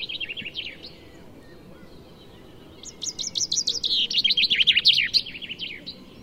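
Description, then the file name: Common chaffinch singing: a soft partial phrase first, then after a pause a loud cascade of chirpy notes dropping in pitch and finishing with a flourish. "Fringilla coelebs"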